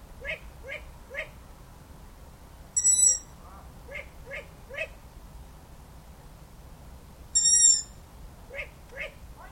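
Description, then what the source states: Long-eared owl calls: groups of short rising squeaky notes repeated throughout, broken twice by a loud, harsh, high hissing screech lasting about half a second. Young and adult long-eared owls.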